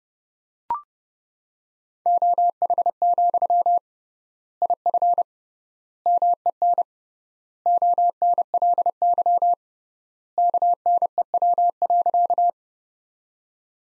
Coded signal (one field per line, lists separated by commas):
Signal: Morse code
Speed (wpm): 30 wpm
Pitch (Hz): 700 Hz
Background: none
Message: OH, IF MEN ONLY KNEW.